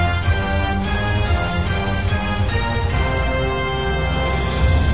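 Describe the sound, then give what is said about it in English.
A loud, upbeat quiz theme jingle plays alone, with sustained bright chords over a steady, regular beat and a rising, fuller swell toward the end. “Oh, it's time for our new quiz. What? Play the music.”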